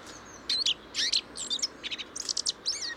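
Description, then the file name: Eurasian blackcap song: short bursts of bright, twittering warbled notes with brief gaps between phrases, against faint background noise. "Sylvia atricapilla"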